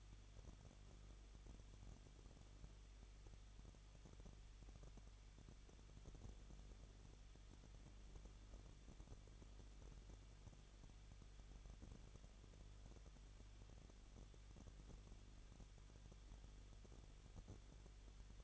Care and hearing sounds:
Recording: daily activity, microphone in the room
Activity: no activity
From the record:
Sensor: 4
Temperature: 23.0 degrees Celsius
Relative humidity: 34.3%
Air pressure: 1007.3 hPa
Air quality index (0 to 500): 216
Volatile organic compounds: 15 ppm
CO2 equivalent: 2503 ppm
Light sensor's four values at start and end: 2/3/1/1 and 2/3/1/1

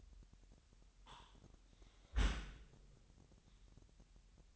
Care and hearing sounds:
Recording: daily activity, microphone in the room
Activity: close dishwasher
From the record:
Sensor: 3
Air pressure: 998.3 hPa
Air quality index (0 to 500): 148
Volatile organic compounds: 5 ppm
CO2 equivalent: 1776 ppm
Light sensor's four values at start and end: 13/39/15/14 and 13/39/15/14

